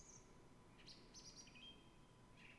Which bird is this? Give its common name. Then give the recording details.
Song Thrush. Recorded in Germany. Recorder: ecoPi